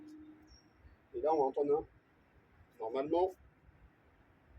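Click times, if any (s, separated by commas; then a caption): none. The removable battery of an inexpensive 2025 electric scooter is handled toward its slot, where it clips in at a clip button, while someone talks in two short bursts over quiet background noise. Nothing has seated or clicked yet.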